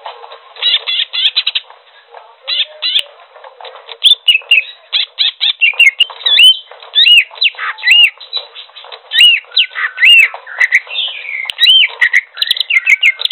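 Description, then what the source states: Greater green leafbird song: a rich, varied stream of whistled notes, slurred upward and downward phrases and brief chattering bursts, delivered almost continuously. Song described as gacor.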